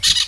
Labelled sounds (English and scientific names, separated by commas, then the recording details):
Brown-throated Parakeet (Eupsittula pertinax) contact call
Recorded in Venezuela
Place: Guárico; Corozopando; Fundo La Fe
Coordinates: 8.506, -67.593